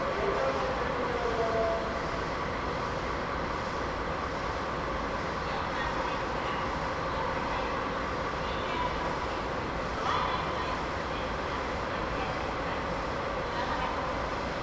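A sleeper express train departs a station, with a dense, steady rumble of engine and wheels that barely changes in loudness. Faint voices and brief tonal whines rise above the noise near the start and again around ten seconds.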